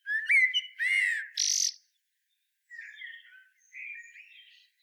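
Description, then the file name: Common blackbird with a sharp rising squeak, then two loud harsh rasping notes, followed after a gap by quieter scratchy twittering phrases. "Turdus merula"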